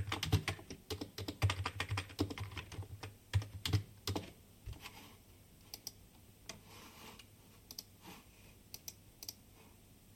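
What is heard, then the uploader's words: Rapid typing on a keyboard, a dense run of sharp clicks and key thumps in the first four seconds, fairly loud. After that the keystrokes thin out into quieter, scattered taps over a low steady hum. Typing sound. In CityU HK, School of creative media, pod 6.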